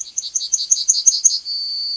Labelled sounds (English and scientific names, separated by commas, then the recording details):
Yellowhammer (Emberiza citrinella) song
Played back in forest
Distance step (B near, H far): B
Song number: 135